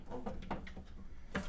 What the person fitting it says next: it just slides down in and snaps into place